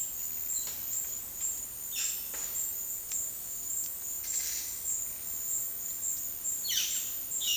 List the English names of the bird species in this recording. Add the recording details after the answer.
Violaceous Jay. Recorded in dense forest near Puerto Asís, Putumayo, Colombia, on 20 February 2024 at 11:30. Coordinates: 0.485, -76.318. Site G6408